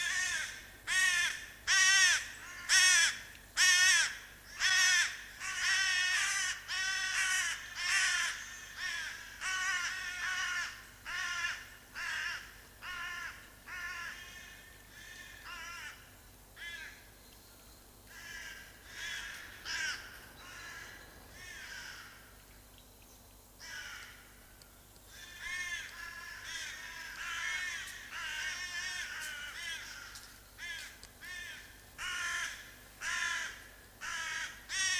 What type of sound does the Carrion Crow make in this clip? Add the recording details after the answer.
flight call. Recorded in the wild. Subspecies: corone. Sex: group. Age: adult. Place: Tiergarten Nürnberg, Bayern, DE. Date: 1998-11-13. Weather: overcast, ca. 2 bis 3°C. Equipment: Sony MD-WM MZ-R3, Sennheiser MKH 416 T, Kopie Uher 4000 Report Monitor. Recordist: Tembrock, Günter